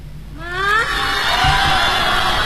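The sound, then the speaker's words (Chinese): A loud crowd at a live pop concert roars and cheers, with high, rising screams piercing through at the start before the noise settles into a steady, dense wall of cheering. “而且我们带来这个版本呢，还是一个现场版本的，大家可以感受一下哈。”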